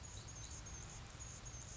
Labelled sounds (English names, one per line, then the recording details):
Anna's Hummingbird
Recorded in Sonoma County, California